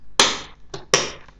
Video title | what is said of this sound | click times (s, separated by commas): How To Build a Home Office Computer - Part 2 | till it clicks and now we've got 8 gigs of RAM installed | 0.2 s, 0.9 s